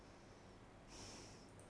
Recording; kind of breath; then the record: one breath in and out by a microphone near the nose and mouth; normal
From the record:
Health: marked as sick, illness not named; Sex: female